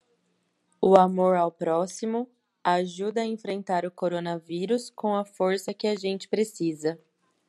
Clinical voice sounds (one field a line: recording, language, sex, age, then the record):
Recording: spoken sentence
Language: Brazilian Portuguese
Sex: female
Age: 30 to 39 years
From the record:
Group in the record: control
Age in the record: 33 years